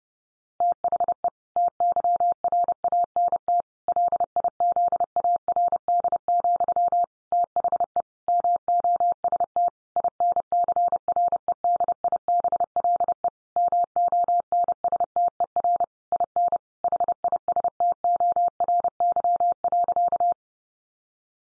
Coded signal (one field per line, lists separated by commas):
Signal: Morse code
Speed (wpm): 30 wpm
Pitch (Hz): 700 Hz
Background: none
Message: THE TYRANT LIZARD, THE MOST INCREDIBLE MONSTER IN HISTORY.